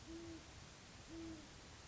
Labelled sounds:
Great Horned Owl (Bubo virginianus)
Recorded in Sonoma County, California

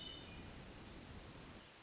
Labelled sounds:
Hermit Thrush (Catharus guttatus)
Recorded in Sonoma County, California

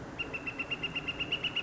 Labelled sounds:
Northern Flicker (Colaptes auratus)
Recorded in Sonoma County, California

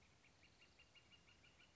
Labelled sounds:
Northern Flicker (Colaptes auratus)
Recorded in Sonoma County, California

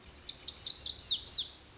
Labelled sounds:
Lazuli Bunting (Passerina amoena)
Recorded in Sonoma County, California

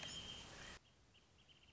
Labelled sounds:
Wrentit (Chamaea fasciata)
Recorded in Sonoma County, California

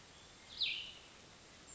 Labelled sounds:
Cassin's Vireo (Vireo cassinii)
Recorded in Sonoma County, California

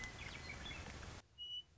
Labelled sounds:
Western Meadowlark (Sturnella neglecta)
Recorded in Sonoma County, California

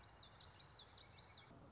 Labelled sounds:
Common Yellowthroat (Geothlypis trichas)
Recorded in Sonoma County, California

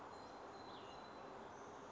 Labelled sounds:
Song Sparrow (Melospiza melodia)
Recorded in Sonoma County, California

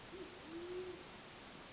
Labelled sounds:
Band-tailed Pigeon (Patagioenas fasciata)
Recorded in Sonoma County, California

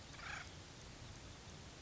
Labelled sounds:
Acorn Woodpecker (Melanerpes formicivorus)
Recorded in Sonoma County, California

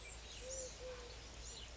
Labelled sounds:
Eurasian Collared Dove (Streptopelia decaocto)
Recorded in Sonoma County, California

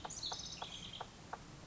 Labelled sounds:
House Wren (Troglodytes aedon)
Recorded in Sonoma County, California

